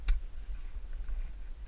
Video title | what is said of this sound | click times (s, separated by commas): K Pak Assembly | snap right in just like so now | 0.1 s